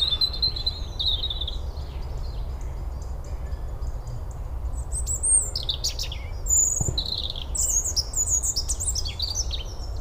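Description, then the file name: European robin singing high, thin warbled phrases with quick trills and pauses between them, over a constant low rumble. "Erithacus rubecula"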